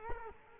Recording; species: mosquito wingbeat signal from an infrared sensor; Culex quinquefasciatus